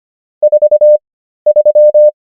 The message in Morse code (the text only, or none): 43